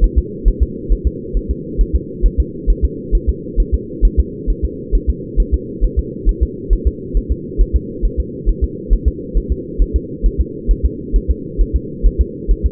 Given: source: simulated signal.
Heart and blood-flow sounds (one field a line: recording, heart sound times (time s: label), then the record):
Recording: fetal heart sounds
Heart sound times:
0.04 s: S1
0.18 s: S2
0.48 s: S1
0.62 s: S2
0.92 s: S1
1.07 s: S2
1.37 s: S1
1.51 s: S2
1.81 s: S1
1.95 s: S2
2.26 s: S1
2.40 s: S2
2.70 s: S1
2.84 s: S2
3.15 s: S1
3.29 s: S2
3.60 s: S1
3.74 s: S2
4.05 s: S1
4.20 s: S2
4.50 s: S1
4.65 s: S2
4.95 s: S1
5.09 s: S2
5.40 s: S1
5.54 s: S2
5.84 s: S1
5.99 s: S2
6.29 s: S1
6.43 s: S2
6.73 s: S1
6.87 s: S2
7.17 s: S1
7.32 s: S2
7.61 s: S1
7.76 s: S2
8.05 s: S1
8.20 s: S2
8.49 s: S1
8.64 s: S2
8.93 s: S1
9.08 s: S2
9.37 s: S1
9.52 s: S2
9.82 s: S1
9.96 s: S2
10.26 s: S1
10.41 s: S2
10.71 s: S1
10.85 s: S2
11.16 s: S1
11.31 s: S2
11.61 s: S1
11.76 s: S2
12.06 s: S1
12.21 s: S2
12.51 s: S1
12.66 s: S2
From the record:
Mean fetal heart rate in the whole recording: 135 bpm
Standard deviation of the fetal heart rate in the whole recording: 3 bpm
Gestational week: 36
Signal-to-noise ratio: -4.1 dB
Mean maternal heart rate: no maternal heart sound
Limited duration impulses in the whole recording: absent